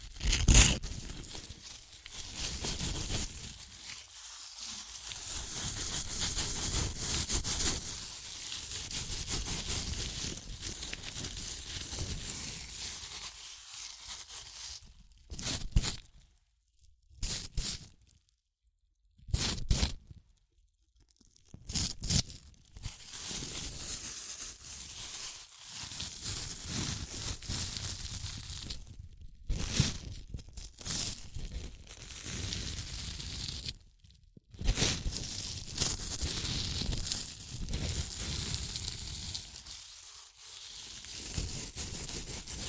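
Crunchy chips are crushed and eaten in dense, crackling bursts that fill most of the recording, with a bright, gritty rustle like crinkling and tearing. Short silent gaps break the sound around 15–22 seconds and again near 30 and 34 seconds before the crunching resumes.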